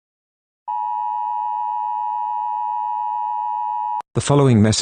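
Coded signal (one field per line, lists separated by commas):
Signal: Emergency Alert System (SAME) tones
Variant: 853 and 960 Hz attention tone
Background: speech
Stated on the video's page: Fictional EAS scenario made for entertainment, not a real broadcast alert.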